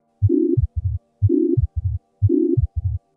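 Severe mitral regurgitation in an adult heart heard by stethoscope: a regular rhythm at about 60 beats per minute, with a loud, sustained higher-pitched holosystolic murmur filling the gap between the first and second heart sounds in each cycle.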